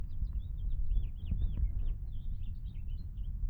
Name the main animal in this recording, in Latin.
Haemorhous mexicanus